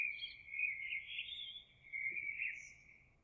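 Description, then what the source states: Eurasian blackbird: soft, sustained warbling in two phrases, with a brief thin high note near the end and faint background noise. Recorded 26 April 2022.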